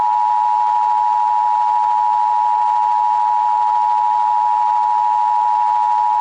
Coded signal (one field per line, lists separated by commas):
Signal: Emergency Alert System (SAME) tones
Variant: 853 and 960 Hz attention tone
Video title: weird2011easrecording.wmv (EAS HIJACK OF 2011 RETAKE)